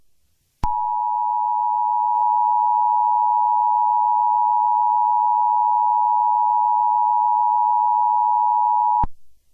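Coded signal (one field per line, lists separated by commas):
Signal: Emergency Alert System (SAME) tones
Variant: 853 and 960 Hz attention tone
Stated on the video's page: Fictional EAS scenario built around an Amber Alert.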